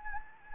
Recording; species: mosquito wingbeat signal from an infrared sensor; Anopheles gambiae